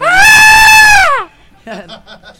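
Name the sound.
person screaming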